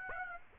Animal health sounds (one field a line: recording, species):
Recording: mosquito wingbeat signal from an infrared sensor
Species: Aedes aegypti